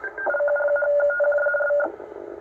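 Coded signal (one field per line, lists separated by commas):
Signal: RTTY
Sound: fast warbling between a low and a high tone, like teletype chatter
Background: radio static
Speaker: apparently coming from the east coast of the united states that's how you hear pretty much 24 hours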